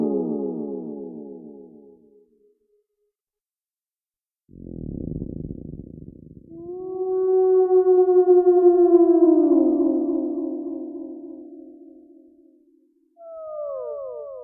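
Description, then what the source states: Whale calls: long tonal moans rich in overtones, some sliding downward, with a pulsed buzzing burst and gaps of silence between calls. Whales in a tank.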